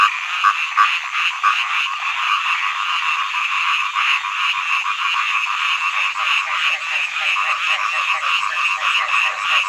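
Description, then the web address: Frog chorus, a continuous buzzing mesh of pulsed croaks from many callers, steady in loudness throughout with no other clear sounds. Frog songs in early summer. "zvuci-ot-prirodata-za-deca-pesni-na-zabi-07 ranno-lato"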